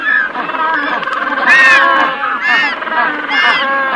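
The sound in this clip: Magellanic penguin braying, loud harsh honking notes in overlapping bursts with rising and falling harmonic wails.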